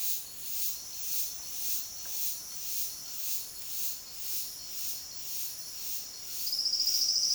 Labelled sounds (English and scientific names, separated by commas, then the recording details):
Silvered Antbird (Sclateria naevia)
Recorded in dense forest near Puerto Asís, Putumayo, Colombia, on 18 February 2024 at 08:00
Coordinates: 0.502, -76.326
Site G6460